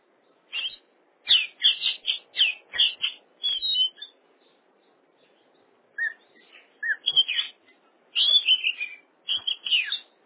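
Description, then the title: Oriental magpie-robin song of loud, choppy whistles and trills in two bouts separated by a pause, the second opening with a few lower, mellow whistled notes. "Kacer"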